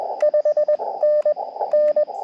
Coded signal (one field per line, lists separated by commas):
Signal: Morse code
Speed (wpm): 21 wpm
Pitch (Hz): 600 Hz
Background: radio noise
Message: 5N N